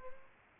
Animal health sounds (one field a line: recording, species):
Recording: mosquito wingbeat signal from an infrared sensor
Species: Aedes aegypti